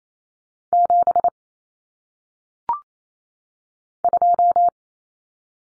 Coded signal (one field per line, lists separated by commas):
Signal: Morse code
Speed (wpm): 28 wpm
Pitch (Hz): 700 Hz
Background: none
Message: 7 2